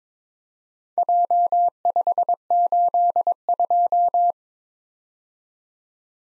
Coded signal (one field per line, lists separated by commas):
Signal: Morse code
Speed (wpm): 22 wpm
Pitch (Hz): 700 Hz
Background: none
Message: J582